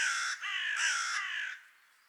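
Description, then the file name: Carrion crow giving a drawn-out, raspy caw broken into several linked pulses, fading away at the end. "Corvus corone"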